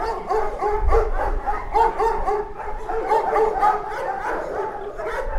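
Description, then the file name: Many dogs bark rapidly at once, a steady overlapping stream of sharp barks and yips, roughly four per second. Dogs recorded at a dog shelter. "shelter for dogs"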